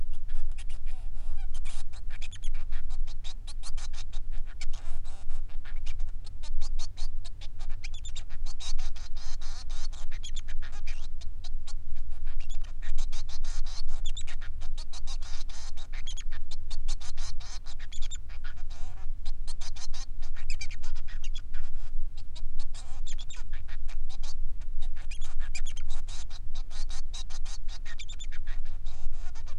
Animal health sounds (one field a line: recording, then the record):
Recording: song of a male Bengalese finch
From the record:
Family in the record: son of father 3